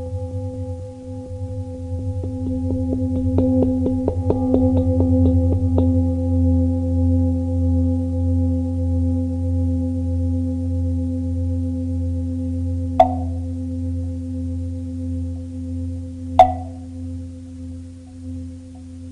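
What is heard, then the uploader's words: Bell tones ring out over a steady low hum and long sustained tones that slowly pulse. Early on, a cluster of quick, bright wooden taps patters for a few seconds, then fades. Two sharp single strikes sound near thirteen and sixteen seconds. Tibetan bells, Japanese mok-tok, and other bell tones with alternating moments of silence.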